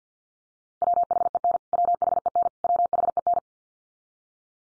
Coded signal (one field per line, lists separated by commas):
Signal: Morse code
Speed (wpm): 50 wpm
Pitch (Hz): 700 Hz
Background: none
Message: WHEN WHEN WHEN